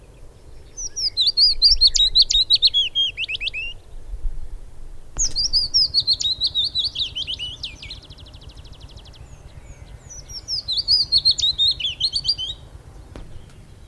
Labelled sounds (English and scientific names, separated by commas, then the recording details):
Willow Warbler (Phylloscopus trochilus) song
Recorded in the wild
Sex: male
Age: adult
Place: Röttenbach, Bayern, DE
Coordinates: 49.6683, 10.9244
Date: 1963-07-06
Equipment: Vollspur, Original
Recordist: Tretzel, Erwin